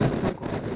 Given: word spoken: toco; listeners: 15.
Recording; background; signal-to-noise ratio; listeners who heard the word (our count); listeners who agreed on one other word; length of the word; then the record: one Spanish word in noise, from a listening test; noise modulated by three-talker babble; -6.0 dB; 1 of 15; 7 of 15; 0.36 s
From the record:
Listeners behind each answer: 7, 2, 1, 1, 1, 1, 1, 1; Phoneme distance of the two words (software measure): 10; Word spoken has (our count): 2 syllables, 4 phonemes, stress on syllable 1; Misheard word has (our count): 2 syllables, 4 phonemes, stress on syllable 1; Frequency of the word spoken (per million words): 2.47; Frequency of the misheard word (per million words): 604.39